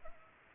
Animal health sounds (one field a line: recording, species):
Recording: mosquito wingbeat signal from an infrared sensor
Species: Culex pipiens